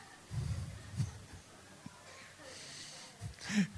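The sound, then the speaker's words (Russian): A voice mimics snoring with a few rough, low, rattling snorts separated by breathy hiss; the final snort is the loudest, with no words spoken. “А во многих жизнях он даже храпит.”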